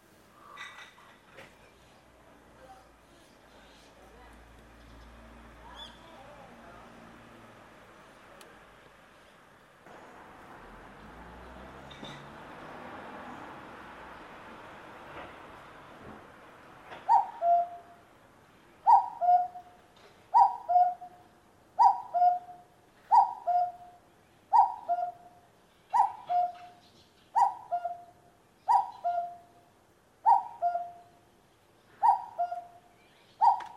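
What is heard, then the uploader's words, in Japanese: A cuckoo calls in the morning, its clear two-note "cuck-oo" starting about halfway through and repeating steadily every second or two until the end, loud. Before it, only a soft hiss and a faint low rumble fill the background. カッコウ かっこう 朝の鳴き声。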